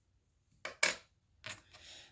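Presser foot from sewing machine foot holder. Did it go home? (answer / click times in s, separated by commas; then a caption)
released / 0.8 s. A standard snap-on presser foot is popped off the metal foot holder of a sewing machine, releasing it. A short metallic tick at 0.7 s comes first, then a sharp metallic pop at 0.8 s as the foot releases. Softer clattering sounds follow near 1.5 s and around 2.0 s.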